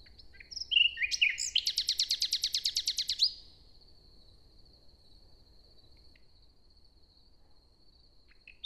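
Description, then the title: Common nightingale singing a loud, even rattle of many rapid notes after a few chirps, over a faint steady high hiss and low rumble. Inside a forest near Hoscheid, Luxembourg; early summer morning after a wet night, sun rising through the leaves; a nightingale singing a kind of morning song. "hoscheid, forest, nightingale. Hoscheid - Waldmorgen"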